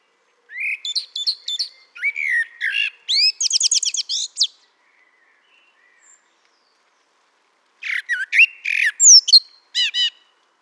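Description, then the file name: Common blackbird song: two bursts of rapid, varied warbled and squeaky twittering notes, separated by about three seconds of silence. "Turdus merula"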